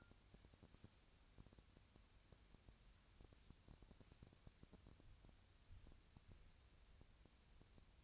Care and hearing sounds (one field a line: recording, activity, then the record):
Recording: daily activity, microphone in the room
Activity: wipe stove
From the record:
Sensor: 2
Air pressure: 1000.4 hPa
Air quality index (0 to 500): 170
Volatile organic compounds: 3 ppm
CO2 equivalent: 1412 ppm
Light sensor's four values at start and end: 10/24/10/11 and 10/24/10/11